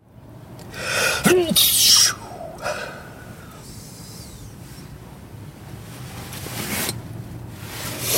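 An adult sneezing.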